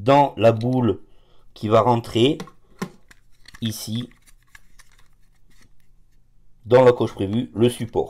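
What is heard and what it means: A phone holder cradle and its ring are placed over the ball joint of a car mount arm and lined up with the intended notch, while someone talks. Only a few faint taps of handling are heard between the speech. Nothing has clipped in yet.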